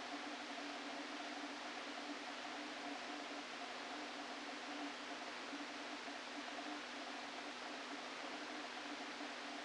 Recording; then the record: brain microelectrode recording played as sound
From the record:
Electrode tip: outside the subthalamic nucleus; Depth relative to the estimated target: 2 mm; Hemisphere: left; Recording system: NeuroSet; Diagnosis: Parkinson's disease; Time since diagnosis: 13 years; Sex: male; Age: 49 years